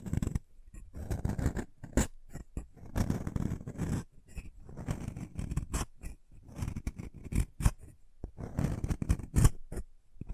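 Chalk being carved and cut, heard as a stream of short scraping and snipping sounds that come in irregular bursts with brief silent gaps. Sharp, bright clicks punctuate the scraping every second or so, with a grainy, low rasp underneath each stroke.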